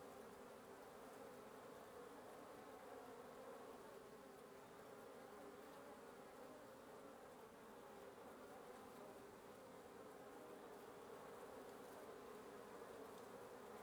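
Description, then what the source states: Wasps buzzing in a dense, continuous drone that holds steady throughout, with many wingbeats merging into one low hum. Wasp nest under the roof of the recordist's residence at 1a Avenida Norte 19, Antigua Guatemala, Guatemala; recorded in the morning.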